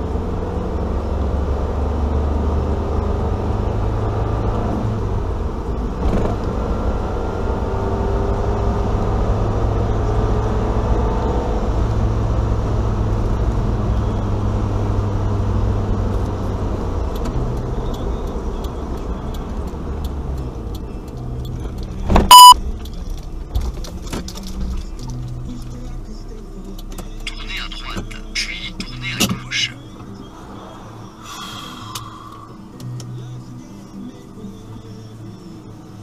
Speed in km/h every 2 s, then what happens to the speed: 63, 70, 73, 77, 82, 86, 84, 81, 77, 73, 64, 52, 17, 10, 6, 0, 0, 0.
0-10 speeds up to 86. 10-30 brakes to 0. 30-36 standing.